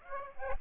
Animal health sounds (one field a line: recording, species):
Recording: mosquito wingbeat signal from an infrared sensor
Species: Aedes aegypti